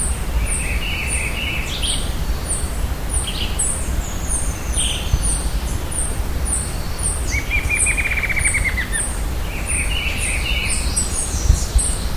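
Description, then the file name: Bird calls: steady run of high thin notes, with buzzy bursts and a fast trill after the middle, over continuous low noise. "SABIOD 50 bird 2015"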